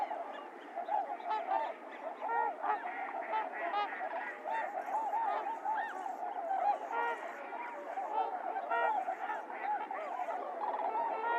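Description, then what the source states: Trumpeter swans calling nonstop as a flock, layered horn-like honks with sharper individual notes popping out across the recording. Several swans recorded 28 January 2022; low-cut filtered.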